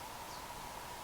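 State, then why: Not seated. A removable insert stored in the handle of a Schrade hatchet is being pressed back toward its friction-fit holder. Only a steady, faint noise with a thin tone near 1 kHz is heard, with no sharp hits. Nothing has seated or clicked yet.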